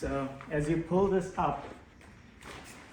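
Someone talks while pulling up a telescoping leg pole with a metal latch on the frame of an Ozark Trail 6 Person Instant Dome Tent, followed by faint handling noises. The latch has not clicked or locked into place yet.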